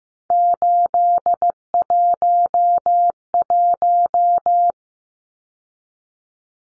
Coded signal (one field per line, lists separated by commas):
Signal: Morse code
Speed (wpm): 15 wpm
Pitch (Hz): 700 Hz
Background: none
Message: 811